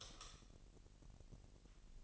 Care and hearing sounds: daily activity, microphone in the room; light off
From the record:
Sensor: 4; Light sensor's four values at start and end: 7/16/6/7 and 6/14/5/6

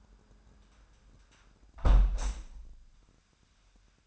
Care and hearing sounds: daily activity, microphone in the room; close window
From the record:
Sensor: 2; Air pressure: 998.4 hPa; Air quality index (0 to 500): 146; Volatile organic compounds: 4 ppm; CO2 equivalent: 1659 ppm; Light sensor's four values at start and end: 9/21/9/10 and 8/20/9/9

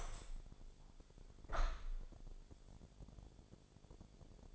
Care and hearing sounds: daily activity, microphone in the room; open window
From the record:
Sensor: 5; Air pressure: 1000.8 hPa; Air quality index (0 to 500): 153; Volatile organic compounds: 2 ppm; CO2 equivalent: 1175 ppm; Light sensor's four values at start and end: 39/93/39/42 and 39/93/39/42

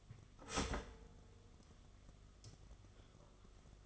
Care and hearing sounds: daily activity, microphone in the room; start toaster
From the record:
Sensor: 4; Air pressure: 1015.5 hPa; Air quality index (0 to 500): 201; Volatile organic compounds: 10 ppm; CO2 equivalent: 2248 ppm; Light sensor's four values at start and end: 4/9/3/3 and 4/8/3/3

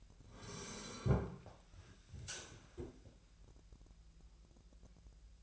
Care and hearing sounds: daily activity, microphone in the room; sit down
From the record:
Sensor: 2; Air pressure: 1001.4 hPa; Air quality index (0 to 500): 240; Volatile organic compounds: 73 ppm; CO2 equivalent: 3544 ppm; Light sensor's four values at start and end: 8/19/8/8 and 10/24/10/10

